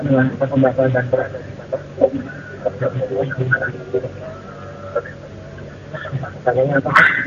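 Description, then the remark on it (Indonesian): Muffled, band-limited speech and broadcast-like audio from a caller's television in Depok play continuously over a steady low hum behind a phone call into a religious Q&A broadcast, with a brief sharp crackle near the end. “Jadi suara televisinya dikecilkan atau dimatikan terlebih dahulu agar lebih fokus.”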